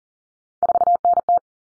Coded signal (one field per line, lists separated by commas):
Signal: Morse code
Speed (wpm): 40 wpm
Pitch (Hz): 700 Hz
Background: none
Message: 4NT